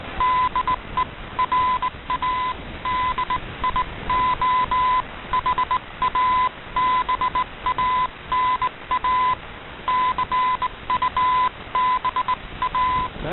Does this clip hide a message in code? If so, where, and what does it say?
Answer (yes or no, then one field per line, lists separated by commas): yes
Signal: Morse code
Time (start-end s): 0.2-13.1 s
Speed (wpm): 18 wpm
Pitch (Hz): 1010 Hz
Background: radio noise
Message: DE RADIO HABANA CUBA